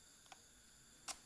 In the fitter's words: set bunyi klek ya. Nah, seperti itu, Bung.